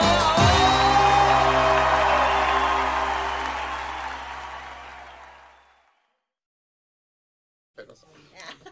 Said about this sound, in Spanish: Los aplausos para eso, bien fuerte. Muchísimas gracias, bien fuerte.